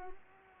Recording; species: mosquito wingbeat signal from an infrared sensor; Culex pipiens